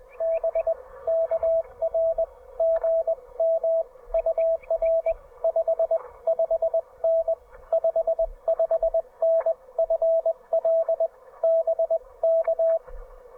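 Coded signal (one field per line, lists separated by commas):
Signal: Morse code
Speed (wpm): 19 wpm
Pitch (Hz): 690 Hz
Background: radio noise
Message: B KR GM UR 55N 55N FL BK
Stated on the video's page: CW from a QRP portable park activation (POTA) with a Penntek TR45L and a homebrew end-fed half-wave antenna.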